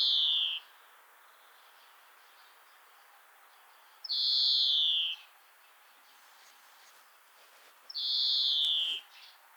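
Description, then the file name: European greenfinch giving three long, buzzy, descending wheezes spaced about four seconds apart, with little else heard. "Chloris chloris"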